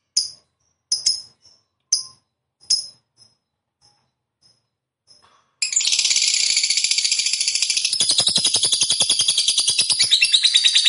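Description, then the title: Lovebird song: scattered sharp high chirps, then a sudden long, fast, rattling trill that continues steadily and grows harsher toward the end. Lovebird described as a 'fighter' type that is 'gacor', singing prolifically and continuously. "Berkat SUARA Lovebird FIGHTER GACOR Ini"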